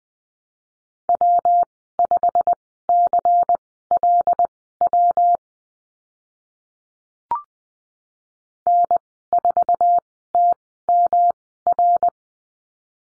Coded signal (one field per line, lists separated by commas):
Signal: Morse code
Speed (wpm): 20 wpm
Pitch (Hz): 700 Hz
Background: none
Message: W5CLW N4TMR